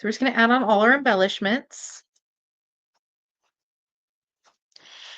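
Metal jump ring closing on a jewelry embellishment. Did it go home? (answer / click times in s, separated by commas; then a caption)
yes / 4.8 s. Someone talks for about the first two seconds, then the clip goes nearly silent while a metal jump ring is closed on a jewelry embellishment. A sharp little click at 4.8 s marks the ring clicking fully closed, followed by a soft, continuous handling rustle to the end.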